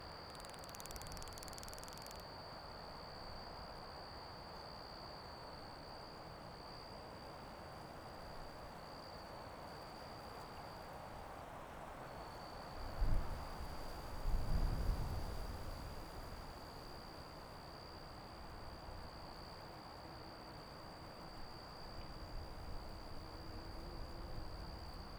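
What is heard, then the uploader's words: Crickets and grasshoppers keep up a steady high trill over a low wind rumble that swells and gusts around thirteen to sixteen seconds. Colville National Forest, Calispell Meadow Late afternoon with Grasshoppers, Crickets, and Wind. Calispell Meadow is filled with crickets and grasshoppers.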